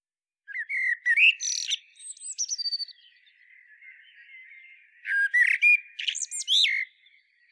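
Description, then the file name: Common blackbird song: a warbled phrase with high twittering flourishes, a soft lull, then another fluty phrase ending in squeaks. "Turdus merula"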